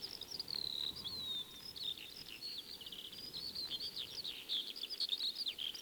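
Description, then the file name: Eurasian skylark song opening with a long drawn whistle, then breaking into quick chattering trills and warbled notes that run on without a break; faint hiss behind. Song, 1937. "skylark-song-disc-3-side-a-more-songs-of-wild-birds"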